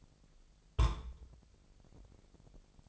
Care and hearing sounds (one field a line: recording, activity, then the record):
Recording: daily activity, microphone in the room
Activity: place on stove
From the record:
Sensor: 5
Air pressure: 999.4 hPa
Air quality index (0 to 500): 218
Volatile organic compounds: 19 ppm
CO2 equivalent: 2665 ppm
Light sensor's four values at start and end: 30/68/28/28 and 29/65/27/27